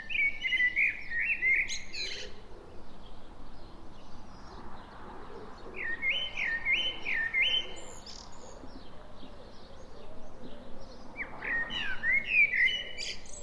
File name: Turdus merula